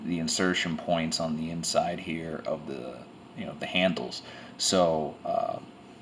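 A Benchmade 87 balisong (butterfly knife) is handled while someone talks, with its handle latch about to seat into the opposite handle. No distinct sharp sounds stand out over the speech, and nothing has seated or clicked yet.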